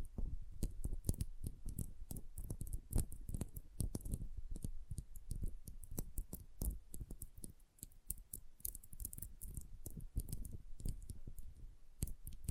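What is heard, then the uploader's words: Sensitive tapping runs throughout in quick, irregular bursts of crisp taps, many close together. Each tap has a soft low thump with a sharp bright click on top, and the pace stays dense with only brief gaps, slowing slightly around eight seconds. ASMR Sensitive Tapping (No Talking).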